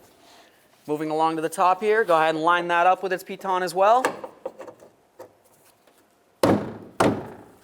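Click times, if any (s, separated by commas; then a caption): 6.4 s, 7.0 s. On a 2007-2011 Toyota Camry, the upper socket of a new gas lift support is lined up with its ball stud on the hood and pushed on while someone talks. Two sharp thunks at 6.4 s and 7.0 s mark the socket snapping onto the upper ball stud, and it is seated.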